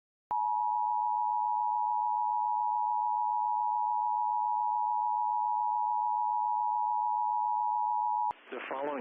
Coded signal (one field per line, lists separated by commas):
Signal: Emergency Alert System (SAME) tones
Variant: 853 and 960 Hz attention tone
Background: speech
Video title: IP - Snow SQUAIL Warning(S) - No EAS